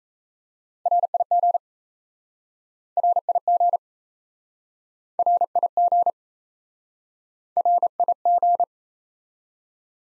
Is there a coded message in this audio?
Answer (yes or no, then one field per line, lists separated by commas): yes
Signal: Morse code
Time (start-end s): 0.9-8.6 s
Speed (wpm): 37 wpm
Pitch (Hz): 700 Hz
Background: none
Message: RIG RIG RIG RIG